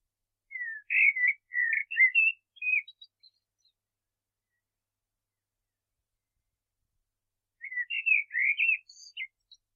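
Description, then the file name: Common blackbird, two bursts of fluty warbling with scratchy high twitters, separated by a long pause of silence. "Turdus merula"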